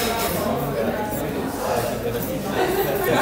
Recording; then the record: background sound without coughing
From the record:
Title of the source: 40 min - Ambience sounds UNIVERSITY lunchroom chatting